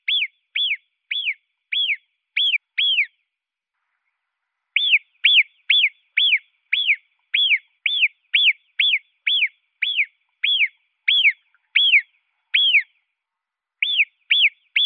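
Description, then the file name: Marmot whistling in bursts, clear arched notes repeated about twice a second, a run of six, a short gap, then long fast series with brief breaks. "Murmeltier"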